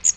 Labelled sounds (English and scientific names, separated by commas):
Magnolia Warbler (Setophaga magnolia) flight call